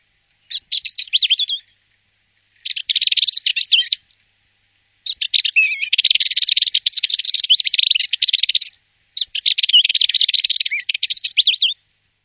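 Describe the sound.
Bird calling in four dense bursts of rapid, buzzy chirps and trills, separated by short silent gaps.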